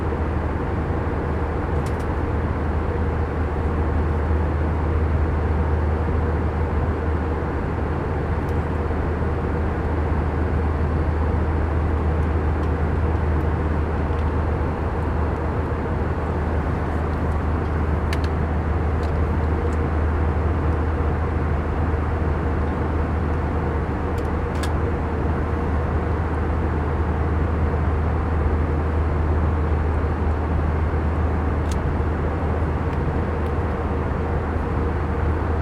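Steady airplane engine drone during a flight, a dense low roar with a strong deep hum and a fainter mid-pitched tone running throughout. The level barely changes. A few brief faint clicks or taps stand out around 2, 18 and 25 seconds.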